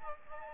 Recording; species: mosquito wingbeat signal from an infrared sensor; Aedes aegypti